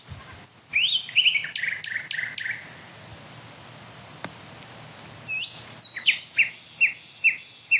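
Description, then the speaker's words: Common Nightingale song: varied phrases of sharp rising whistles and rapid repeated notes, then a quiet pause, then a run of evenly spaced clipped notes. Male singing in woodland at dusk; song described as having beating notes, fluting, tumbling runs and sobbing phrases. "Oh, das schöne Schluchzen. Lauschen wir doch noch ein paar Minuten Herrn Nachtigall."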